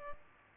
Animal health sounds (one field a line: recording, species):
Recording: mosquito wingbeat signal from an infrared sensor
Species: Aedes albopictus